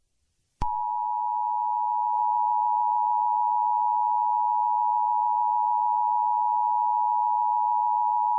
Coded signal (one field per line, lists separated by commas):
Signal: Emergency Alert System (SAME) tones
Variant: 853 and 960 Hz attention tone